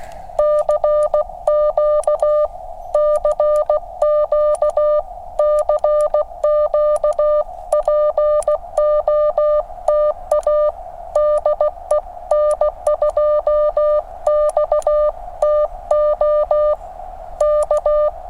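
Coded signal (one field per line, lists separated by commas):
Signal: Morse code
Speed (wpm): 16 wpm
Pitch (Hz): 600 Hz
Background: music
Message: CQ CQ CQ POTA DE N2XTO K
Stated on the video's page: Park activation on 40 meters at 5°F with a QCX mini and an end-fed half-wave antenna.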